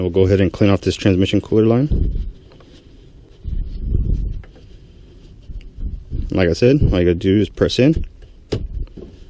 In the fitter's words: and it locks into place